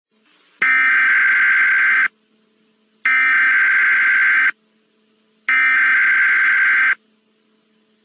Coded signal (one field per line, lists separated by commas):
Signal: Emergency Alert System (SAME) tones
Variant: header bursts